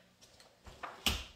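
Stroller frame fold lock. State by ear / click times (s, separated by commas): seated / 1.1 s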